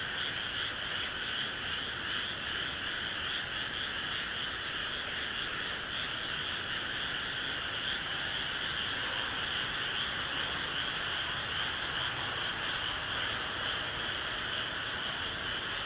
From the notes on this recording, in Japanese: カエル